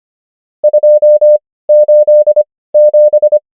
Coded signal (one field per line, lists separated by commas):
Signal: Morse code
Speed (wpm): 25 wpm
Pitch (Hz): 600 Hz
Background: none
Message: 287